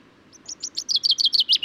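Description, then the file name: Common chaffinch song fragment: a quickening series of sharp, high chipping notes that grows louder, cut off before the closing flourish. Male singing; recorded in Důl Bílého Labe, Czech Republic, on 22 May 2018. "cchaffin-coelebs-1-M-S cz dul-bileho-labe"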